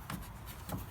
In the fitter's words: i've just lifted trim up at this side and popped it in the hole now i'm going to come around the